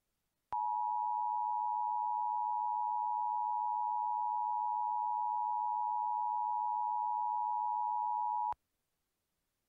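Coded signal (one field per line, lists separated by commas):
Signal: Emergency Alert System (SAME) tones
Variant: 853 and 960 Hz attention tone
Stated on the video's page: Mock EAS scenario recreating the May 30, 2004 severe weather outbreak.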